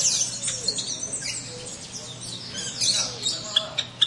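Finches giving a dense mix of high, thin chirps and short tweets, many overlapping throughout, with a low steady hum beneath.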